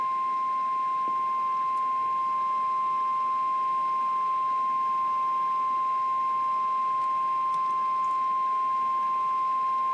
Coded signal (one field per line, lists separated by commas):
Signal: Emergency Alert System (SAME) tones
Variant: 1050 Hz attention tone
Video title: Triple header real EAS 1116-1118_Tropical storm warning